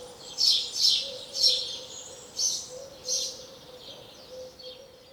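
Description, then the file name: House sparrow calls, high harsh chirps given in a loose series of about six, fading toward the end, with a faint steady hum beneath. "Passer domesticus"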